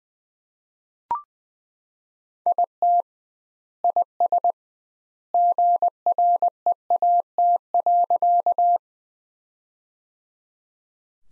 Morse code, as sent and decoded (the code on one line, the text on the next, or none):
.. - / .. ... / --. .-. . .- - .-.-.-
IT IS GREAT.